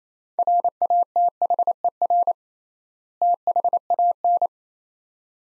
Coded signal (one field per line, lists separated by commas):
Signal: Morse code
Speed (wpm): 28 wpm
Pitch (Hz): 700 Hz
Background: none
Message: RATHER THAN